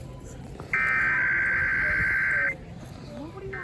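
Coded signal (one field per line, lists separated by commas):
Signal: Emergency Alert System (SAME) tones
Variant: header bursts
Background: speech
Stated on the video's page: Compilation of EAS monthly and weekly tests and NOAA Weather Radio required weekly tests.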